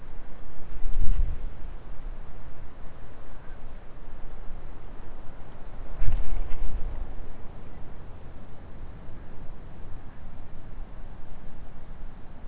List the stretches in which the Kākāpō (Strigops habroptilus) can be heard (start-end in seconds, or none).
none